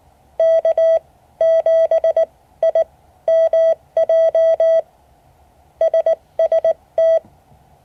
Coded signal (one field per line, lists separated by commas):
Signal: Morse code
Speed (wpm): 19 wpm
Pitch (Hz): 650 Hz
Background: none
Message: K7IMJ SST